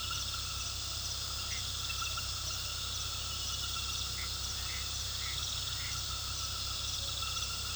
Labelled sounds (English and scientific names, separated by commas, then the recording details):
none
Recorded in pastures near Puerto Asís, Putumayo, Colombia, on 18 February 2024 at 20:00
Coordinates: 0.486, -76.323
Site G6462